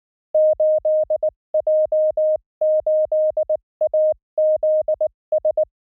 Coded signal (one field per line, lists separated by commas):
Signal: Morse code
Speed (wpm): 19 wpm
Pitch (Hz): 620 Hz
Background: none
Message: 8J8AZS